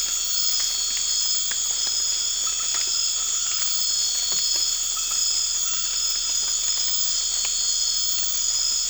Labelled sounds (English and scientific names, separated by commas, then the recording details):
none
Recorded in dense forest near Puerto Asís, Putumayo, Colombia, on 12 March 2025 at 00:30
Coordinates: 0.484, -76.317
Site G064